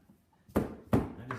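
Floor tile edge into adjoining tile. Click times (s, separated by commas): 0.9 s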